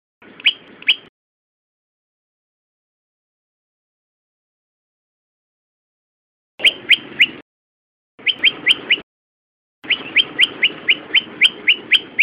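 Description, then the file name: Olive-backed tailorbird song: bright, sharp notes repeated about four times a second in short bursts separated by silent gaps, with a low background hiss behind each phrase. "suara burung prenjak lumut. omkicau"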